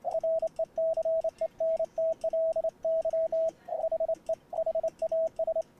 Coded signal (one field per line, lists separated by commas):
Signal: Morse code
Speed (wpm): 28 wpm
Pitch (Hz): 650 Hz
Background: radio noise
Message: RECENTLY HE HAS